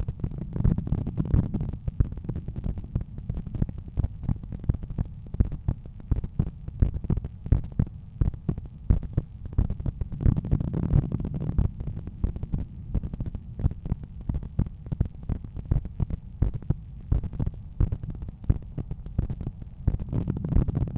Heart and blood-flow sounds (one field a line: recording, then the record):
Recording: heart sounds by stethoscope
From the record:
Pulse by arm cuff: 85 bpm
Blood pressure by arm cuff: 120/76 mmHg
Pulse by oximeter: 85 bpm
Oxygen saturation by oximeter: 98%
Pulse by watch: 86 bpm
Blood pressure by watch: 114/75 mmHg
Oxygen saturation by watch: 99%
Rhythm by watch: sinus rhythm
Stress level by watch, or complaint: light headache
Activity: after breakfast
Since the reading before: after 2200 steps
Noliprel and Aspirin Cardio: after pills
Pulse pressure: 44 mmHg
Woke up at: 6:50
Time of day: 10:15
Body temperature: 36.5 C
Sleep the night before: 8 h 16 min, score 66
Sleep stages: REM 20%, light 64%, deep 6%, awake 10%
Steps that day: 6850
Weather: light rain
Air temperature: 18.2 C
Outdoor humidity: 90%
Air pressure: 1007 hPa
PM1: 3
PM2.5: 4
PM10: 6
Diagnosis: hypertension, treated with Noliprel and Aspirin Cardio 100 mg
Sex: male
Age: 53 years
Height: 174 cm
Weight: 81 kg